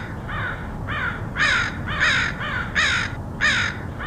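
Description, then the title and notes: Crows calling with a string of harsh caws, quieter and louder birds alternating, over steady background noise. Crows recorded in Portland, Oregon, in August 2003. "Crows of Portland. Crows recorded by Dan Bodah in Portland, OR, August 2003"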